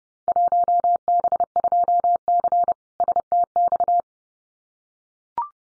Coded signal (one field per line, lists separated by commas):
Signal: Morse code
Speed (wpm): 30 wpm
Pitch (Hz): 700 Hz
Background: none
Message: 1B2C STX